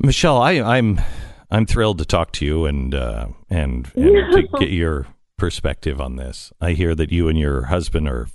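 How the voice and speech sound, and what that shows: Low-pitched adult male voice in fluent conversational speech, with ordinary restarts, fillers and a brief laugh.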